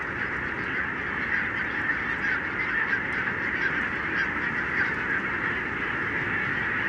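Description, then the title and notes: Barnacle goose: barnacle geese calling in a vast flock, an unbroken chatter of short yapping notes with occasional louder calls emerging. Flock of about 20,000 on wintering grounds in winter, Renesse, Netherlands, 12 January 2009; recorded with Nagra LB and Telinga P7. "Renesse - Pays-bas. 20 000 Bernache nonnette ( Branta leucopsis) en Hollande"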